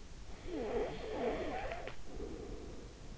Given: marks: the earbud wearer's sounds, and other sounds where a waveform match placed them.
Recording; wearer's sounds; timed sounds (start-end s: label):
sounds in sleep by an in-ear microphone; snoring breath
0.23-3.06 s: snoring breath